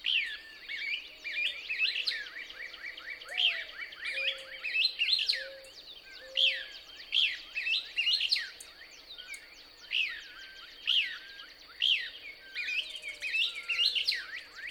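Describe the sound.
Couch's Kingbird song, repeated clusters of sharp, high descending chirps about every second, over a constant high tone and a few low whistled notes.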